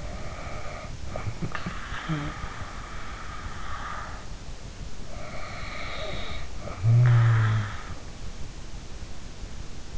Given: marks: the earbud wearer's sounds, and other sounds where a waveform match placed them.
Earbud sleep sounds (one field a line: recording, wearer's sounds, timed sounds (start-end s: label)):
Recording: sounds in sleep by an in-ear microphone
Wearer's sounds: snoring breath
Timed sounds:
0.00-4.37 s: snoring breath
5.40-7.77 s: snoring breath